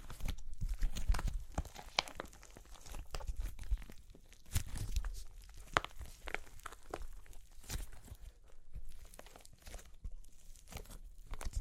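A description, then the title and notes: Dry clay cracks and crunches in a dense run of sharp, brittle snaps and crinkly tearing sounds. The crackles come irregularly and close together throughout, with louder bursts near the start and around four to six seconds, then a slightly quieter, sparser stretch toward the end. Super Crunchy Clay Cracking (No Talking).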